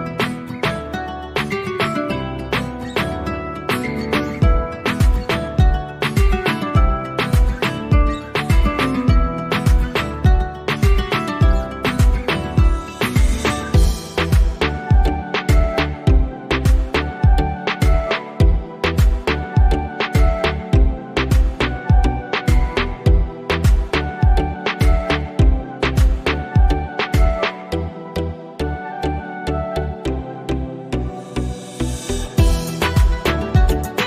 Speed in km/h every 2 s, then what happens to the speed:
94, 94, 95, 95, 95, 95, 95, 95, 95, 95, 95, 95, 96, 95, 95, 96, 95.
0-34 steady at about 95.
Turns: none.